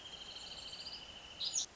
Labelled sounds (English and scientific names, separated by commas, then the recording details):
Wrentit (Chamaea fasciata)
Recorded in Sonoma County, California